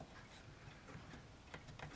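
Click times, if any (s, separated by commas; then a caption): none. A small plastic ladder assembly is pressed onto its mount on a model ship, meant to lock into place. Only faint ticks are heard, near 1.5 and 1.8 seconds, over a low background. The part has not locked into place yet.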